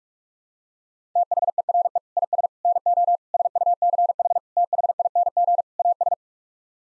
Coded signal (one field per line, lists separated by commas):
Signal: Morse code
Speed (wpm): 41 wpm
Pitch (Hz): 700 Hz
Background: none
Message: THERE IS NO SUCH THING AS